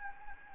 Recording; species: mosquito wingbeat signal from an infrared sensor; Anopheles gambiae